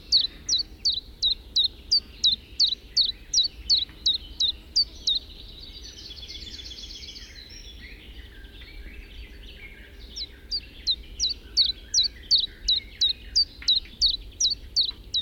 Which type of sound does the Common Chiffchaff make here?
song